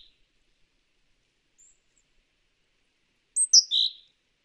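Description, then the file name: Great tit giving one quick phrase near the end: a high thin note stepping down to a rougher, lower buzzing note, after faint brief chips. "Parus major"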